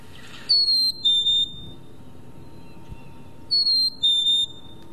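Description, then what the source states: Black-capped chickadee song: a clear whistled two-note phrase, a high note then a slightly lower held note, given twice about three seconds apart over a faint steady hum. Played as an example of its song, which some hear as 'feed me' and others as 'cheeseburger'.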